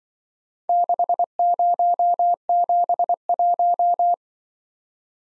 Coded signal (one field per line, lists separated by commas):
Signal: Morse code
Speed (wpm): 22 wpm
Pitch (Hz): 700 Hz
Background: none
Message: 6071